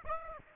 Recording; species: mosquito wingbeat signal from an infrared sensor; Aedes aegypti